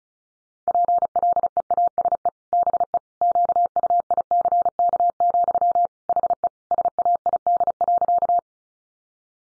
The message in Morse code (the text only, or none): PLEASE BE QUICK, HE SAID.